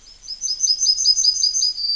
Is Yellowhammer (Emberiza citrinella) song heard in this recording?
yes